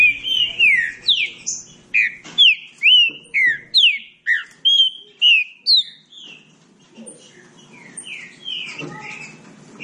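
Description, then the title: Green-winged saltator singing clear, loud down-slurred whistles in a fast regular series, then a quieter, softer run of notes trailing off. Classic song style (canto clássico). "Canto Clássico Trinca Ferro TREINAMENTO"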